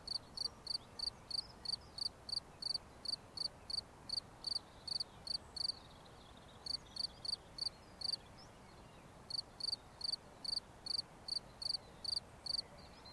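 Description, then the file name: Cricket song of brief pulsed chirps, roughly three per second, with two short pauses breaking the series; soft steady hiss underneath. "Grillons"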